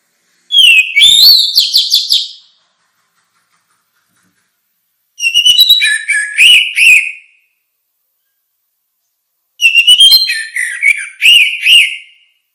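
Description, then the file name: Orange-headed thrush song: three varied phrases of clear rising and falling whistles mixed with rapid notes, repeated roughly every four to five seconds, no other sounds. "suara kicau burung anis merah"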